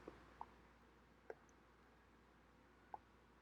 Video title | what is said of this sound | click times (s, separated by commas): How to replace the fuel filter on a 2000 Ford Ranger V6 3.0L XLT | through the openings and it should just snap right into place | 0.4 s, 1.3 s, 2.9 s